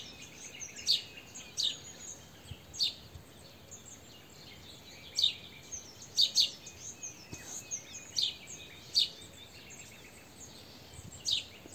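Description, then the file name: House sparrow: sharp repeated chirps of a house sparrow, some in quick pairs, with gaps between bursts and a continuous thin hiss underneath. "Passer domesticus"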